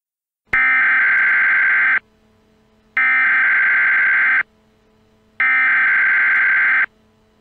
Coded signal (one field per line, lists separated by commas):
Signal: Emergency Alert System (SAME) tones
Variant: header bursts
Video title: EAS Scenario - Extraterrestrial Invasion